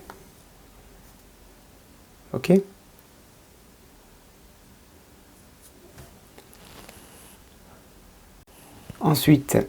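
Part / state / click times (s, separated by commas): plastic detail piece onto model car hood / seated / 0.1 s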